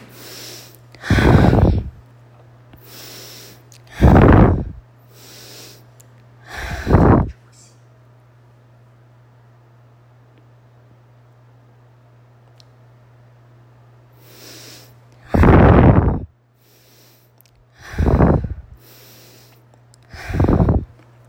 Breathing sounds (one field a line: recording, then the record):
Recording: deep breathing after running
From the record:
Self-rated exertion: light exertion (2 of 6)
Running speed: 5 miles an hour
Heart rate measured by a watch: 101 beats a minute at the start, 98 at the end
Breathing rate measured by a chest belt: 15 breaths a minute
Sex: female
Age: 30 years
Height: 160 cm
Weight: 51 kg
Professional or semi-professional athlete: no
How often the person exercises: 3 to 5 times a week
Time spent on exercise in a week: over 5 hours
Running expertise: no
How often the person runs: 3 to 5 times a week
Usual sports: running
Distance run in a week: 60 km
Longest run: 42 km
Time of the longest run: 267 minutes